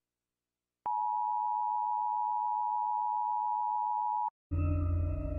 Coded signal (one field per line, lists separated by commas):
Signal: Emergency Alert System (SAME) tones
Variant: 853 and 960 Hz attention tone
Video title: Top 10 creepiest EAS alert systems (country)